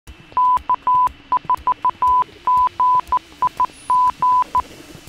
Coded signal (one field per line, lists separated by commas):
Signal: Morse code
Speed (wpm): 14 wpm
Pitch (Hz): 1000 Hz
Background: none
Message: K4GIG